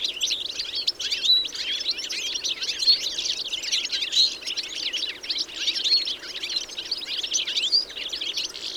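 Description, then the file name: European goldfinch giving a steady stream of high, sparkling twitters and thin whistled notes layered over one another. "Carduelis carduelis"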